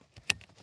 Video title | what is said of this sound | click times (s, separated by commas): Nissan Micra K11: Replace Blower Motor Resistor (Fan Only Works At Full Speed) | nice satisfying click there and then slide the whole thing back into position | 0.3 s